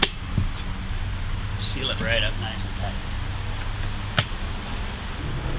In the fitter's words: click right in seal